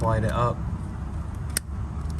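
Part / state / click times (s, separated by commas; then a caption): knock sensor harness connector into its engine mounting slot / seated / 1.6 s. Someone talks while the knock sensor wiring harness connector on a Toyota 3.3L 3MZ-FE engine is slid up into its mounting slot at the back of the engine valley, over a steady low hum. A single sharp click at 1.6 s marks the plastic locking tab snapping into place, and the connector is seated in its bracket.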